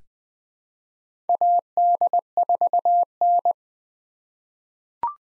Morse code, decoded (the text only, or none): AD4N